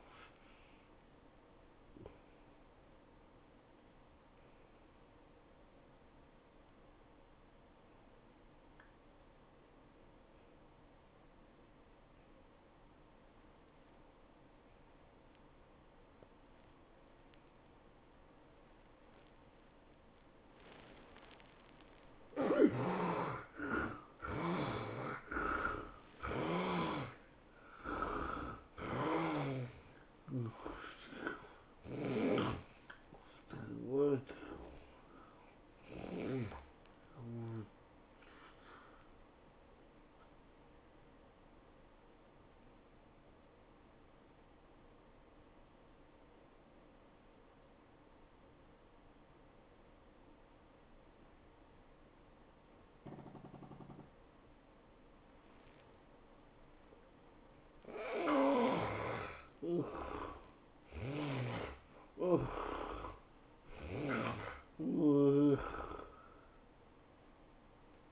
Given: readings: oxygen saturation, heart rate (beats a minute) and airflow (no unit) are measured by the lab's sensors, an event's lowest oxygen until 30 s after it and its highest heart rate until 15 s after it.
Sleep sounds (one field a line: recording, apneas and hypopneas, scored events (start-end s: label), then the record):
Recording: breathing in sleep by a voice recorder at the bedside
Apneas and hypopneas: 2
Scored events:
4.00-20.90 s: obstructive apnea (N1, oxygen 85% highest, then 74% lowest, heart rate 112 at the start, 112 highest)
38.00-59.30 s: obstructive apnea (N1, oxygen 97% highest, then 78% lowest, heart rate 108 at the start, 110 highest)
From the record:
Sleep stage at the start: N1 (lightest sleep)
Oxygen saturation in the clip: 72 to 97%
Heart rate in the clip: 90 to 114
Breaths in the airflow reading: 10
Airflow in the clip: -14.1 to 12.5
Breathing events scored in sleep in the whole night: 403 in 5.5 hours asleep